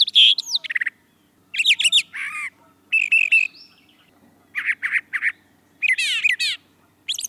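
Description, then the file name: Brown thrasher singing a string of varied phrases, some notes doubled, mixing buzzy chirps and sweeping whistles with short gaps between phrases. Song variations. "suara brown thrasher variasi"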